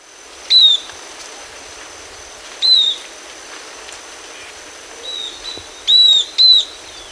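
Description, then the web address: Southern beardless tyrannulet calls: clear, high, slightly falling whistled notes, single or paired, spaced irregularly over a soft hiss. Ecuador. "Natures Songs S America Birds of Ecuador Southern Beardless Tyrannulet"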